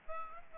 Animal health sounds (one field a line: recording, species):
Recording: mosquito wingbeat signal from an infrared sensor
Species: Aedes albopictus